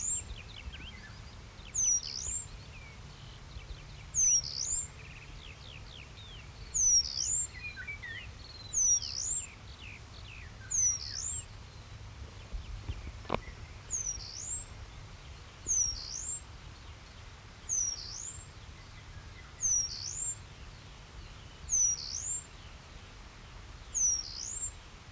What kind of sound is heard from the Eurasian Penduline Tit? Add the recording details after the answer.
song. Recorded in the wild. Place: Illmitz, AT. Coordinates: 47.7544, 16.7631. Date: 1964-05-20. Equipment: Uher Report 4000, AKG D190. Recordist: Krey, Winfried